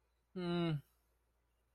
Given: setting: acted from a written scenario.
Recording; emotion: vocal sound without words; neutral